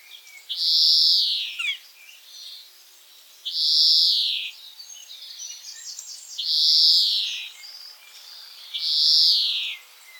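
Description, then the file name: European greenfinch calls: four drawn-out wheezy, buzzy notes spaced about three seconds apart, with soft chattering twitters in the gaps. "Chloris chloris"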